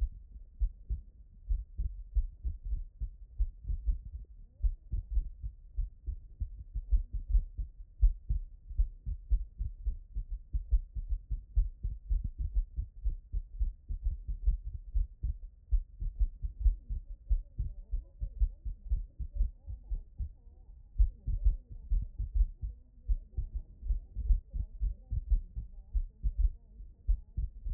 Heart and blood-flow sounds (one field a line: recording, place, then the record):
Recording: heart sounds by stethoscope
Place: tricuspid valve (TV)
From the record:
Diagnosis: HFrEF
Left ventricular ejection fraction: 38%